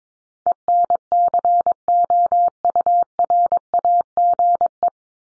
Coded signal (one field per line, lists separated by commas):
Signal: Morse code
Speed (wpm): 22 wpm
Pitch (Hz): 700 Hz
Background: none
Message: ENCOURAGE